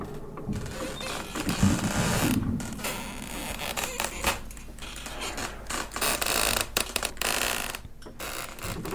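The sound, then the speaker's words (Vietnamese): Two tightly shut wooden doors of a house rattle and creak in wind blowing in from the yard, a steady stream of loose knocking and drawn-out groaning creaks with brief gusty pauses, no voices. “Hai cái cánh cửa gỗ lúc nãy được lão Tính đóng chặt cẩn thận, bây giờ lại rung lên, phát ra những tiếng lẹt cả lẹt kẹt, đến lạnh cả người.”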